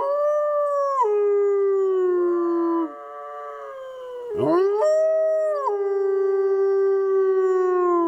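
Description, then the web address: Wolf howling: long overlapping tones slide down and hold, a quieter stretch in the middle, then a quick rising swoop and renewed howls. "lupo"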